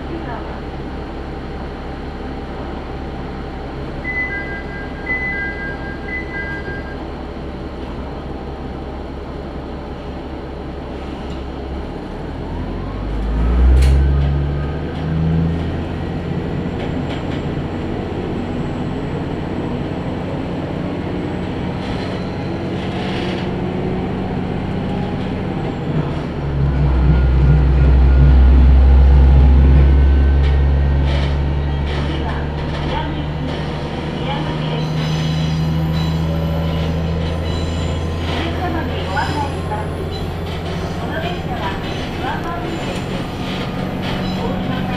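A ride aboard a Tenryū Hamanako Railway train between Kanasashi and Tenryū-Futamata, with a steady low engine rumble throughout. The engine surges audibly around 14 seconds and again from about 26 to 31 seconds, while faint clicks, rattles and a brief tone pass above.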